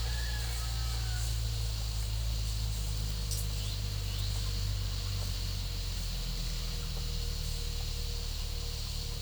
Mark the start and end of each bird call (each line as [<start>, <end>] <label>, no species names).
[0.00, 1.04] bird call